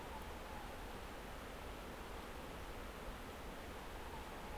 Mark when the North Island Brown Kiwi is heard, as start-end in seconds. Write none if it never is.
none